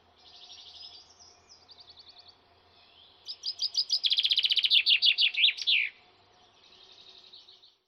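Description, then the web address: Bird song: quiet high trills, then a loud, fast series of sharp descending chirps lasting about two and a half seconds, followed by another soft trill. "aves"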